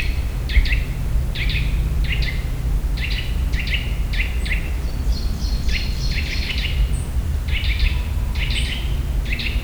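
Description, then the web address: Eurasian nuthatch calls: short notes at irregular intervals, some doubled, with faint high chips over heavy low rumbling noise. Another of its calls, recorded in nature in the Visegrád Hills, Hungary. "csuszka professzionalis masikhangja visegradihegyseg"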